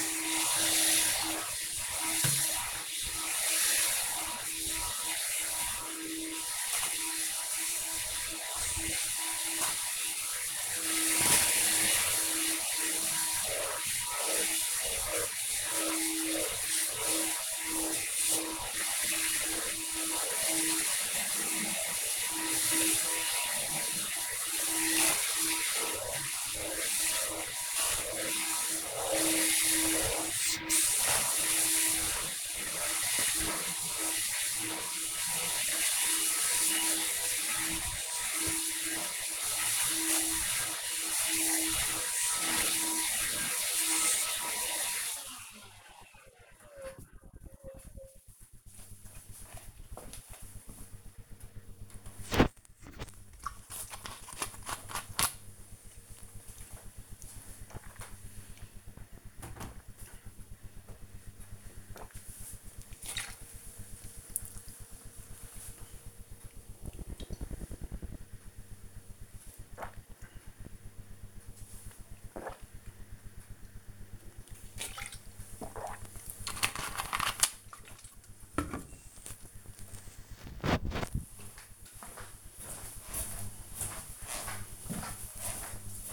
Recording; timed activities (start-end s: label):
household activities, microphone on the right wrist
0.00-45.33 s: vacuum cleaning
51.35-77.51 s: drinking